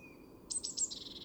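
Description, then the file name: Eurasian blue tit call: a faint thin whistle, then a quick series of three high, thin notes followed by a buzzy trill, over low steady background noise. "Cyanistes caeruleus"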